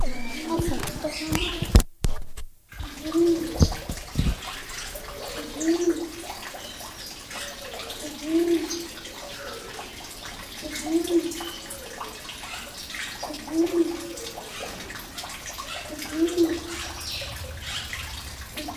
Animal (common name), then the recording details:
Sulawesi Ground Dove. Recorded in captivity. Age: adult. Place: Zoo Berlin, Berlin, DE. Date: 2000-09-07 17:24. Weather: fair, 16°C. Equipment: Nagra SN, Kopie Uher 4000 Report Monitor. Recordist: Tembrock, Günter. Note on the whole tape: Lautfolgen (Entfernung ca. 50 cm). Plätschern - Wasserfall